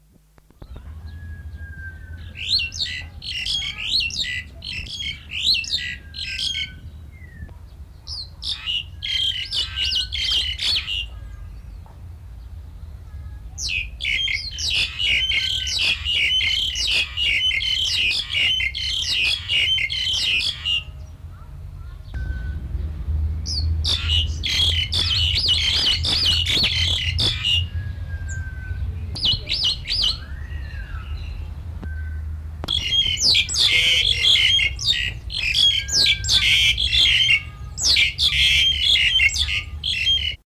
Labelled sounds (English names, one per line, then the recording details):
Black-collared Starling song
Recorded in captivity
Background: Eurypyga helias
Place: Zoo Kopenhagen, DK
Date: 1970-06-30
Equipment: Halbspur, 9,5 cm/s
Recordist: Lütgens, Hans
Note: Gesang